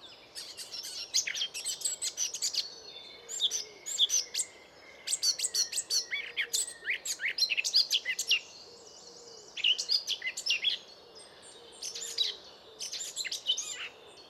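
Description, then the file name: Eurasian blackcap song: bursts of rapid scratchy warbling with clicking notes, phrases of one to two seconds separated by brief pauses. "Sylvia atricapilla"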